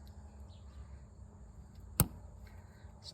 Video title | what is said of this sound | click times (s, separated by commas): 6400 John Deere cab tilt | right there in that Groove snaps | 2.0 s